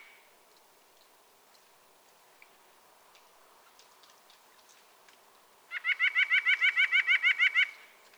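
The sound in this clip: White-breasted nuthatch song, a fast series of many nasal, evenly spaced notes near the end after several seconds of faint scattered ticks.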